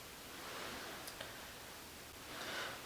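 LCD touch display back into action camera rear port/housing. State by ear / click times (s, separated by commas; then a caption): not seated / none. An LCD touch display back is held up and lined up with the locking hinge and serial port on the back of a GoPro Hero 4 Black action camera before being pressed home. Soft rustling and handling noise is heard throughout, with a faint brief tick near 1.2 seconds. The display back has not snapped on yet.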